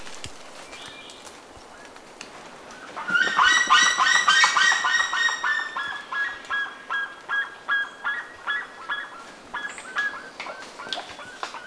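Bird calls, loud nasal calls in a rapid burst that then settles into a steady series of evenly spaced calls.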